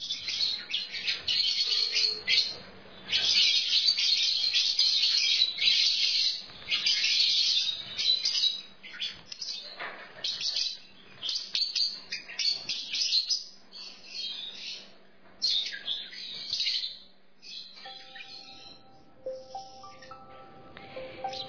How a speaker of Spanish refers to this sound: ahí estaban unos loritos que hoy nos daban la bienvenida